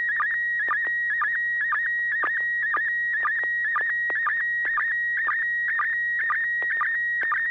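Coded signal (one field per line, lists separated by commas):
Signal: SSTV (slow-scan television)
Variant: PD120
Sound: steady warbling high tone with short low chirps about twice a second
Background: low steady hum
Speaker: Sure, I will send a photo PD 120.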